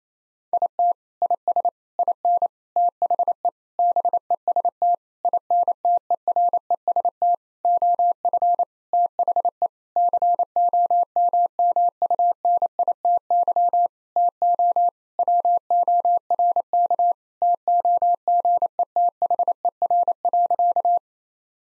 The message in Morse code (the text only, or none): IT IS IN THE BEST INTEREST OF THE COMMUNITY TO WORK TOGETHER.